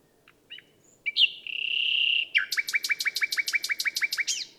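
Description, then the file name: Common nightingale song: a few soft chips, a long steady whistle, then a fast series of loud repeated notes. "Luscinia megarhynchos"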